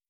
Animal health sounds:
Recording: hydrophone in a shrimp aquaculture tank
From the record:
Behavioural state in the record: starved

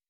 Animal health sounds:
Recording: hydrophone in a shrimp aquaculture tank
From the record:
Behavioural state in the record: weakened

